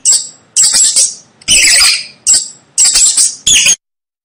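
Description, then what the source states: Mouse squeaks, high and grating, coming in six quick bursts of uneven length, then silence. Mouse squeaking to help a baby fall asleep.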